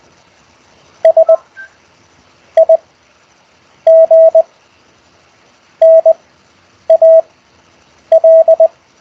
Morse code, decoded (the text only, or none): SIGNAL